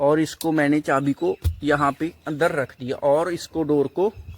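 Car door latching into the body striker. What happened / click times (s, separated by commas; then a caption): The door latch is handled but has not yet shut / none. Someone talks while handling a Creta base model car door, with the key placed inside, about to push the door shut so its latch catches on the body striker. The door has not latched yet, and nothing has seated or clicked.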